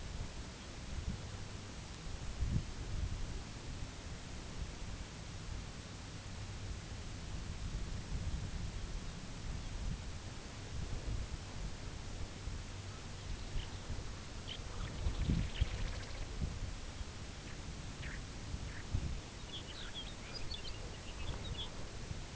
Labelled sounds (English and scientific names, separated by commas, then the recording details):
unidentified sound, Pectoral Sandpiper (Calidris melanotos), Lapland Longspur (Calcarius lapponicus)
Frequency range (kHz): Pectoral Sandpiper (Calidris melanotos) 0.6-6.3 kHz; Lapland Longspur (Calcarius lapponicus) 2.0-5.5 kHz
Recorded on Arctic tundra, site UTQI-5, on 19 June 2019
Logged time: 22:00